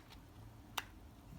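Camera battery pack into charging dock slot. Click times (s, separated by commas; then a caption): 0.8 s. A Sony FW-50 camera battery pack, the type used in a6500, a6300 and a6000 cameras, is pushed into a slot of a KingMa dual charging dock. A faint tick comes at 0.1 s, then a sharp, bright click at 0.8 s marks the battery locking in with all its contacts connected for charging.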